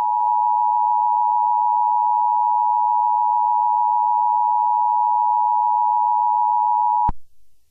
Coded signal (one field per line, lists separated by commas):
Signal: Emergency Alert System (SAME) tones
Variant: 853 and 960 Hz attention tone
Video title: Furries - A EAS scenario